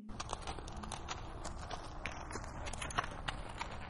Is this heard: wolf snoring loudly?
no